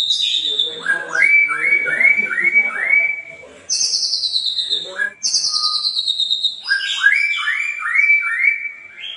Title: PANCINGAN MURAI BATU GACOR, SEKALI DENGAR LANGSUNG RESPON